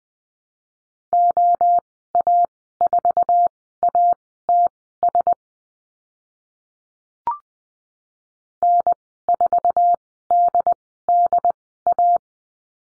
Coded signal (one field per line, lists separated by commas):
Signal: Morse code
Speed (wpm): 20 wpm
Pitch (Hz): 700 Hz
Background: none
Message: OA4ATS N4DDA